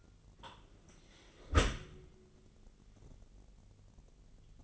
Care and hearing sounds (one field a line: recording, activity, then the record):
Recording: daily activity, microphone in the room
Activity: close dishwasher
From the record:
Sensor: 4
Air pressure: 999.1 hPa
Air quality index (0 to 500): 123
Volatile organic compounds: 2 ppm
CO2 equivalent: 1211 ppm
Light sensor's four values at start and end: 7/17/7/7 and 7/16/6/7